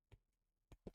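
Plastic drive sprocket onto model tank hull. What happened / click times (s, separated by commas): The plastic drive sprocket clicked into place / 0.9 s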